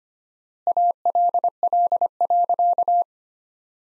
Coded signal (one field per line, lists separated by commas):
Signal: Morse code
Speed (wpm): 25 wpm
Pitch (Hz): 700 Hz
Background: none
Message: ALL.